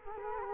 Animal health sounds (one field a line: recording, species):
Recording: mosquito wingbeat signal from an infrared sensor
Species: Culex quinquefasciatus